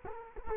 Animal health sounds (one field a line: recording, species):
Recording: mosquito wingbeat signal from an infrared sensor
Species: Culex quinquefasciatus